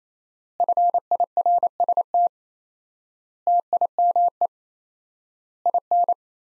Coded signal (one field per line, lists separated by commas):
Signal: Morse code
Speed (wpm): 27 wpm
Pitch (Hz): 700 Hz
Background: none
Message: FIRST TIME IN